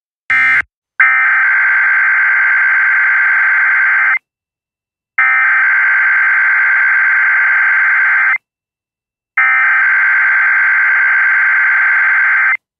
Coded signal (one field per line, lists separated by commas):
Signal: Emergency Alert System (SAME) tones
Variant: header bursts